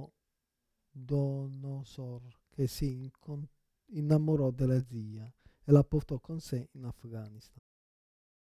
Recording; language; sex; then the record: read passage; Italian; male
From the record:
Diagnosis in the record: Parkinson's disease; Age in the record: 56 years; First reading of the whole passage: 87 s, 6.0 characters per second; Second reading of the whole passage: 67 s, 7.8 characters per second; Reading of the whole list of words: 59 s, 4.8 characters per second